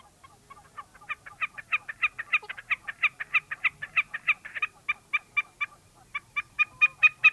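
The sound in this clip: Wilson's Snipe giving a long run of harsh, clipped, repeated notes, several a second, louder toward the end.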